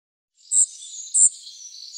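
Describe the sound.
Spotted flycatcher call: two sharp, very high squeaky notes less than a second apart over a steady high-pitched hiss.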